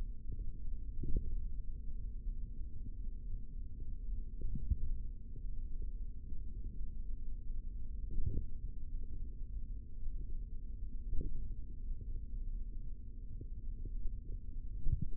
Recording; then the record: forearm muscle sounds (acoustic myography)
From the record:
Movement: tripod grip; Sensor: system 3, bracelet of six PUI Audio POM-2738L microphones around the upper forearm, with dedicated amplification and filtering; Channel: 3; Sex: male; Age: 25 years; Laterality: right